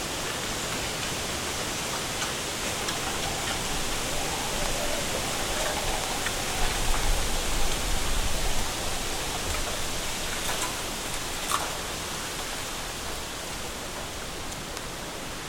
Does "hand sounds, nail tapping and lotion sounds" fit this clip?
no